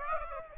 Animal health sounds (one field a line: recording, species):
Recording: mosquito wingbeat signal from an infrared sensor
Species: Aedes aegypti